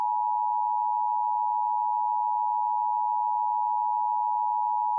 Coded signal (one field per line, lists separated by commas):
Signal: Emergency Alert System (SAME) tones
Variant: 853 and 960 Hz attention tone